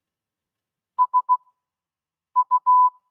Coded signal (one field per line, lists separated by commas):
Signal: Morse code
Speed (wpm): 16 wpm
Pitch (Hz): 1000 Hz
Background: none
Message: SU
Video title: Sunday Forum 1 Hamvention 2026